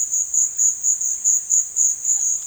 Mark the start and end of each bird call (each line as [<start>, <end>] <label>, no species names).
[0.00, 2.38] bird call